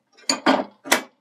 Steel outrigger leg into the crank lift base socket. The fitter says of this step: Making sure that we hear the pin lock into place. Just like that. It's not going anywhere.